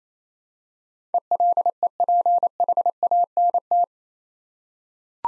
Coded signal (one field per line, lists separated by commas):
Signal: Morse code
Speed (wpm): 27 wpm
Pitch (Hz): 700 Hz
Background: none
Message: ELEPHANT